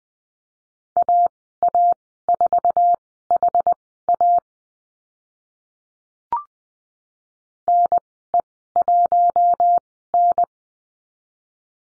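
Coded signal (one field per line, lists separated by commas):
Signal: Morse code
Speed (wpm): 20 wpm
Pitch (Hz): 700 Hz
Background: none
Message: AA4HA NE1N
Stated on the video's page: Morse lesson on the letter D in call signs, Farnsworth spacing 20/10 wpm.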